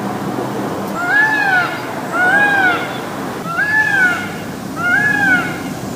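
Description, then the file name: Indian peafowl calling in a series of four loud, nasal, arching wails, evenly spaced, with constant low rumbling noise underneath. "Peacocks"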